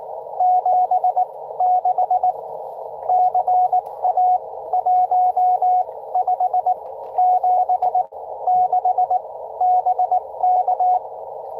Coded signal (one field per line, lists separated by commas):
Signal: Morse code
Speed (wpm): 18 wpm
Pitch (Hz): 720 Hz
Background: radio noise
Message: 76 CA 1576 BK